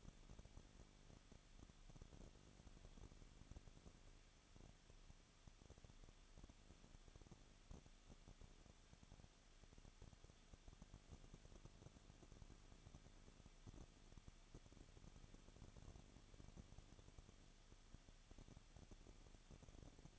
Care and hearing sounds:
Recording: daily activity, microphone in the room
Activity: no activity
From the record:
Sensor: 4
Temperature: 23.0 degrees Celsius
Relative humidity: 34.5%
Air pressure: 1007.3 hPa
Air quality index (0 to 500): 215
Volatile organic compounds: 15 ppm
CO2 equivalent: 2500 ppm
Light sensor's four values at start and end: 2/3/1/1 and 2/3/1/1

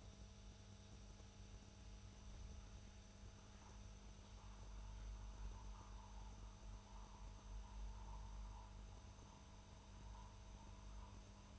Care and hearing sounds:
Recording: daily activity, microphone in the room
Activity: make coffee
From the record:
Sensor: 2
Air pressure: 994.3 hPa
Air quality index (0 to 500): 209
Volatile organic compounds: 1000 ppm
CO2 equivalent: 6889 ppm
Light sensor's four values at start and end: 130/309/130/133 and 131/311/131/135

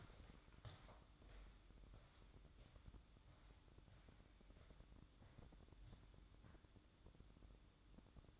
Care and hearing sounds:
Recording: daily activity, microphone in the room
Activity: walk to room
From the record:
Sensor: 3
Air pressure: 1008.2 hPa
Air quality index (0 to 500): 133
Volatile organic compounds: 2 ppm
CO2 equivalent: 1101 ppm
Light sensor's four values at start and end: 10/23/9/9 and 10/24/9/9

